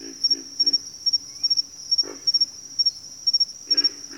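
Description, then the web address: Pig frog: deep, snoring grunts in brief clusters, accompanied by a steady shrill cricket drone. "Sleep Sounds of Nature. Pig Frogs"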